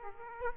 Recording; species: mosquito wingbeat signal from an infrared sensor; Aedes aegypti